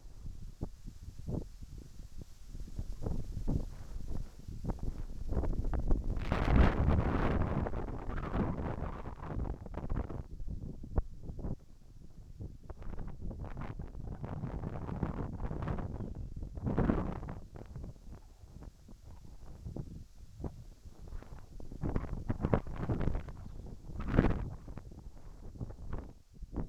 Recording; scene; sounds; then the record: everyday scene through a hearing-aid microphone; wind on the microphone; wind, whistling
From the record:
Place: in front of a rural house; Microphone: behind the ear, right, front